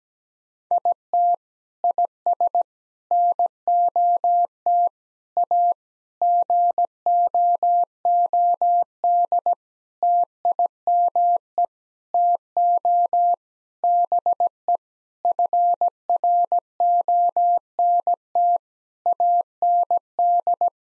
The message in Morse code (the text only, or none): IT IS NOT A GOOD TIME TO BE FRONT AND